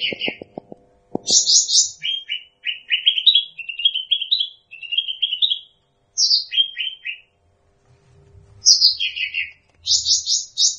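Bird singing rapid, high chirped phrases that step down into runs of lower repeated notes, pausing briefly between bursts; a few soft clicks open the recording.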